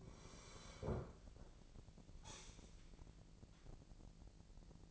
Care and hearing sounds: daily activity, microphone in the room; sit down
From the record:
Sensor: 5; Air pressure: 1002.0 hPa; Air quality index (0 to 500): 246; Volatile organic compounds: 30 ppm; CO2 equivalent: 2956 ppm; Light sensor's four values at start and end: 44/105/44/47 and 44/105/43/47

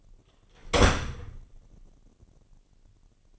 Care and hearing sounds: daily activity, microphone in the room; close door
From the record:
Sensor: 4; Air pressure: 999.2 hPa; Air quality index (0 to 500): 116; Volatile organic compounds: 2 ppm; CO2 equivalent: 1147 ppm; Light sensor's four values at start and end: 13/33/13/15 and 13/31/12/13

